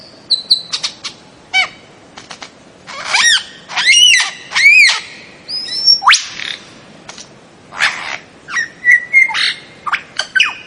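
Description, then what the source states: Bird song of high squealing whistles, arched rising-and-falling notes and short sharp chirps, repeated in busy clusters. Melodious voice.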